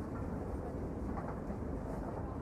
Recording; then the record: background sound without coughing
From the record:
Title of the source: Train Ride Ambience ambient white noise for sleeping, focus, studying, reading